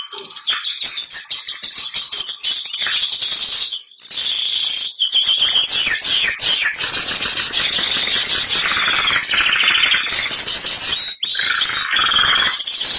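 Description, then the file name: Canary song: fast, high rolling trills and rattles in long phrases, with brief breaks near four and eleven seconds. Bernois canary song. "canto do canario bernois"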